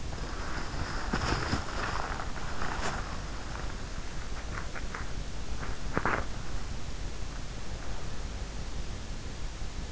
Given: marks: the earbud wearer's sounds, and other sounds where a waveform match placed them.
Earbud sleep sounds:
sounds in sleep by an in-ear microphone; body movement
0.00-7.28 s: body movement

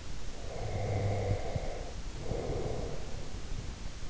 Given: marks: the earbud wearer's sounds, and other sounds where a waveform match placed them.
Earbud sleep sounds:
sounds in sleep by an in-ear microphone; breath
0.18-3.17 s: breath

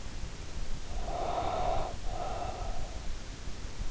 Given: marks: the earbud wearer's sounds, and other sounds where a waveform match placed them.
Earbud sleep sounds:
sounds in sleep by an in-ear microphone; breath
0.75-2.99 s: breath

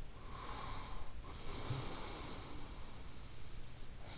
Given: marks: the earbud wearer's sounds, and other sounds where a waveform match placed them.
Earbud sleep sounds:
sounds in sleep by an in-ear microphone; breath
0.27-3.00 s: breath

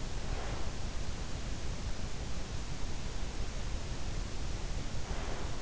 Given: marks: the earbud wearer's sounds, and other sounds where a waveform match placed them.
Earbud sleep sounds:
sounds in sleep by an in-ear microphone; breath
0.07-0.78 s: breath
4.98-5.62 s: breath

